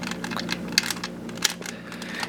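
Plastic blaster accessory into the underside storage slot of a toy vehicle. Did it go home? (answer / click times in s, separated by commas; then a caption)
yes / 0.8 s. A plastic toy blaster is pushed into the storage space near the back wheels on the underside of a Transformers Masterpiece MP-30 Ratchet figure in vehicle mode. A sharp plastic click at 0.8 s is heard as the blaster clicks into place. Softer clicks and rattles from handling come around 0.5, 0.9 and 1.5 s.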